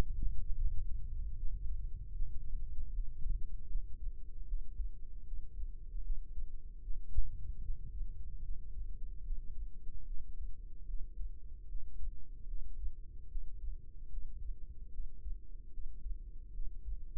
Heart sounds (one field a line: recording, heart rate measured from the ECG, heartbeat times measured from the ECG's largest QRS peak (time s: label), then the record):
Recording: heart sounds by microphone in the right ear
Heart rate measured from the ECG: 75 bpm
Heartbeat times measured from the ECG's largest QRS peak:
0.56 s: heartbeat
1.36 s: heartbeat
2.13 s: heartbeat
2.91 s: heartbeat
3.68 s: heartbeat
4.46 s: heartbeat
5.24 s: heartbeat
6.02 s: heartbeat
6.81 s: heartbeat
7.61 s: heartbeat
8.41 s: heartbeat
9.23 s: heartbeat
10.05 s: heartbeat
10.86 s: heartbeat
11.67 s: heartbeat
12.46 s: heartbeat
13.28 s: heartbeat
14.09 s: heartbeat
14.90 s: heartbeat
15.70 s: heartbeat
16.52 s: heartbeat
From the record:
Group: healthy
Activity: breath hold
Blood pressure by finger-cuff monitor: 135/82 mmHg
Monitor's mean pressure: 102 mmHg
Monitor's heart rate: 75 bpm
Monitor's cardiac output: 6.9 L/min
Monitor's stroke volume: 92 mL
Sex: female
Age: 22 years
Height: 161 cm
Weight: 65.5 kg